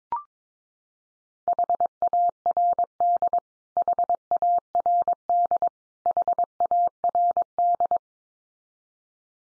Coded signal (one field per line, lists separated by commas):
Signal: Morse code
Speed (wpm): 22 wpm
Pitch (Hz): 700 Hz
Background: none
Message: HARD HARD HARD